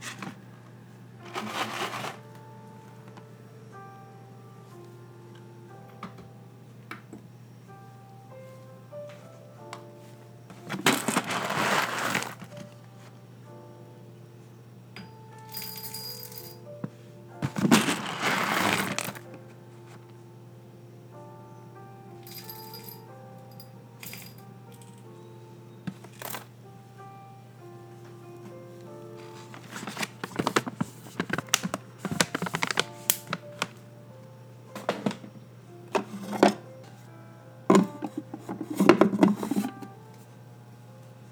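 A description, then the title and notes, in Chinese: Siphon coffee is brewed over a steady low hum, with bursts of clinking and rattling around eleven, eighteen, and thirty to forty seconds. 雨天煮個虹吸咖啡吧。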